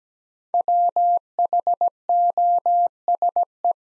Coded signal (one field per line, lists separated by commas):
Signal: Morse code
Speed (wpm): 17 wpm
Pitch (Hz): 700 Hz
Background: none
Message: WHOSE